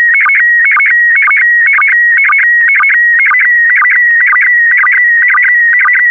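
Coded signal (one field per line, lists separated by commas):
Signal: SSTV (slow-scan television)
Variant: PD120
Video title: (05 of 12) Expedition 67 - ARISS Series 20 Women in Space - Retransmission SSTV PD120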